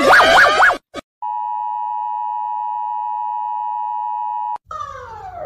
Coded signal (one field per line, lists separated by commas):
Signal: Emergency Alert System (SAME) tones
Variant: 853 and 960 Hz attention tone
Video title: I Animated Some EAS Alarms Cuz I Want LOL